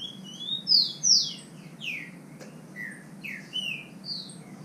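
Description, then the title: Green-winged saltator song, clear whistled notes sliding downward in short phrases, over a faint low hum. Wild bird singing in the bush, competing in song with another free-living bird. "Trinca Ferro NICÃ O No Mato Disputando Com Solto"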